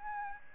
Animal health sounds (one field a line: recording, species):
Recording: mosquito wingbeat signal from an infrared sensor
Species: Aedes albopictus